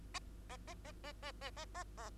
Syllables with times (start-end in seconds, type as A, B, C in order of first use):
0.14-0.19 A, 0.49-0.57 A, 0.67-0.74 A, 0.85-0.92 A, 1.04-1.12 A, 1.22-1.32 A, 1.41-1.50 A, 1.56-1.65 A, 1.74-1.84 A, 1.97-2.10 B